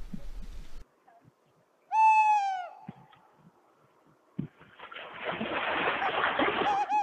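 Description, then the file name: Tawny owl hoot: one long, clear tone that falls at the end with strong overtones, followed by clicks and a spell of rushing noise. "chouette hulotte"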